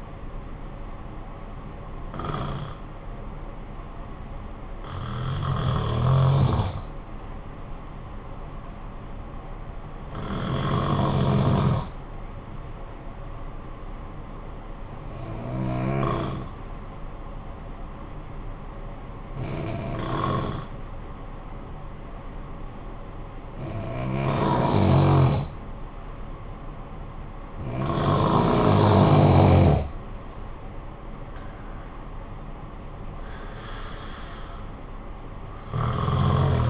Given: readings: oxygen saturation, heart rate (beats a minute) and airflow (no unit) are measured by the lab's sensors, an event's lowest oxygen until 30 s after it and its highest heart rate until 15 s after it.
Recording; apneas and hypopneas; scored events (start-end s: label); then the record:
breathing in sleep by a smartphone at the bedside; 1
11.00-28.10 s: hypopnea (N2, oxygen 96% highest, then 89% lowest, heart rate 52 at the start, 70 highest)
From the record:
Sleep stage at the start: N2 (light sleep); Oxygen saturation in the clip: 90 to 96%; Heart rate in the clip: 52 to 70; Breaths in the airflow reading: 8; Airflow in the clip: -9.4 to 6.6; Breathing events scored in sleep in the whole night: 445 in 7.6 hours asleep